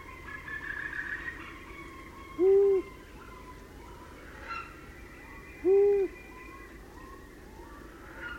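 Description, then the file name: Long-eared owl with two low hoots about three seconds apart, while other birds give higher calls around them. "Gufo Comune"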